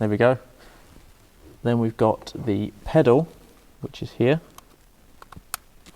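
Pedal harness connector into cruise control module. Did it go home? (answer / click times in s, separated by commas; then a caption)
yes / 5.5 s. Someone talks, then plugs the plastic pedal sensor wiring connector into the cruise control box of an NCS Precision cruise control kit being installed on a Fiat/Abarth 500. A few faint ticks lead into a sharp click at 5.5 s as the connector seats, fitting only one way. The connector is confirmed seated.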